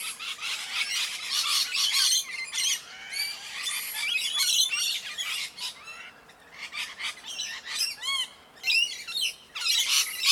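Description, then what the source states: Parrots squawking from a tree, harsh screeches overlapping with chattering, short whistled notes and rising and falling calls in quick irregular bursts throughout. Several parrots in a tree.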